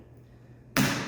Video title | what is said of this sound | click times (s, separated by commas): Ask an Expert - UREC Outdoors' Cross Country Skis | there we go you'll hear that audible click and then as soon as you stand up then you'll notice that this is coming with you | 0.8 s